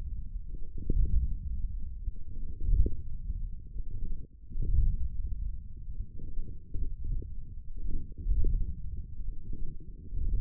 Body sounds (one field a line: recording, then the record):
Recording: forearm muscle sounds (acoustic myography)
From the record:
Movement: wrist flexion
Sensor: system 1, eight BSWA MPA416 microphones around the upper forearm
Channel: 3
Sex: male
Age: 42 years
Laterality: right